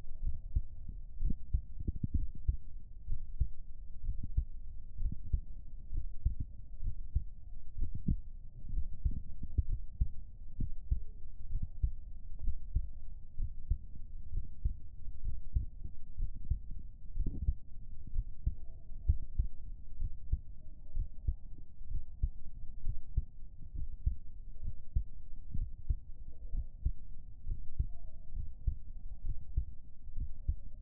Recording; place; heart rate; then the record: heart sounds by stethoscope; pulmonary valve (PV); 64 bpm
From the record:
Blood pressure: 100/65 mmHg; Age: 30 years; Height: 165 cm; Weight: 52 kg